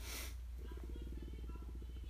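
A brief rush, then a rapid low gurgling rattle for about 1.5 seconds over steady hum: an adult's stomach rumbling.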